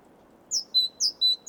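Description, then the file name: Great tit song: two high-low whistled phrases and the start of a third, over a low background hiss. "Parus major"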